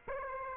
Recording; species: mosquito wingbeat signal from an infrared sensor; Aedes aegypti